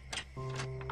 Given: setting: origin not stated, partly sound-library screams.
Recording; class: one-second piece from a danger detection set; normal situation